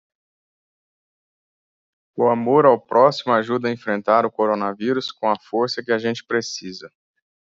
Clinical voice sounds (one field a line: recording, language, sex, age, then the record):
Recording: spoken sentence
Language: Brazilian Portuguese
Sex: male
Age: 30 to 39 years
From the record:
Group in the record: control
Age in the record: 33 years